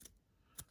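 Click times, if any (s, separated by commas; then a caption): none. An SD memory card is pushed into the faulty card slot of a Sony Alpha mirrorless camera. Two short taps are heard at about 0.1 and 0.6 seconds as the card is pushed, but the card does not click into place or stay in, and nothing has seated.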